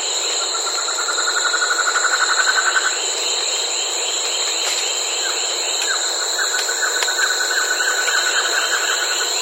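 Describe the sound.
Bird trills: rapid buzzy trills in two bouts over a steady high-pitched whine.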